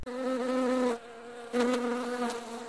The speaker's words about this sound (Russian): Максимилиан не услышал тихого жужжания за своей спиной.